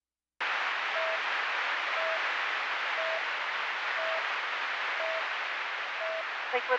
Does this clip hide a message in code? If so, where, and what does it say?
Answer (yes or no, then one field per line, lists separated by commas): no